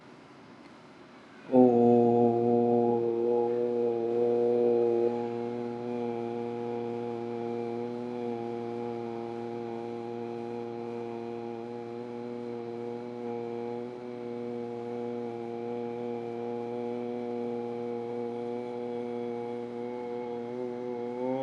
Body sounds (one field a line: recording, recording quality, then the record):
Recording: sustained vowel as in boot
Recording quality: moderate, slight background noise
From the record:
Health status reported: healthy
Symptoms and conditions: none ticked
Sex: male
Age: 40 years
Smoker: not ticked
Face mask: not worn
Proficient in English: yes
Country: India